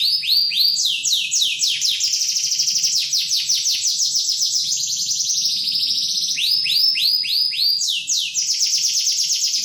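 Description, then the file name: Canary song, a long run of rapid rising trills and rolling tours, phrases shifting between quick upswept notes and sustained buzzy passages, continuous and loud throughout. Standard canary song. "suara kicauan kenari standar. omkicau"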